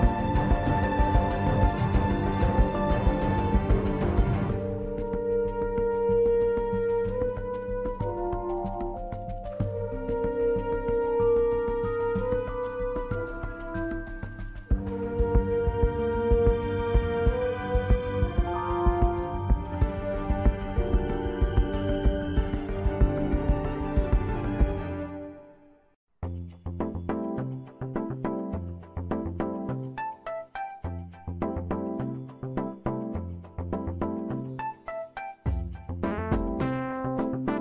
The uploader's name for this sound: OST with rain ambience